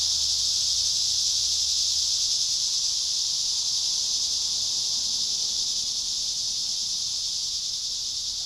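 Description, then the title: Cicadas droning together in a constant high buzz that fades slightly toward the end, over a soft low rumble. Recorded at Trinity. "neoscenes: cicadas at Trinity"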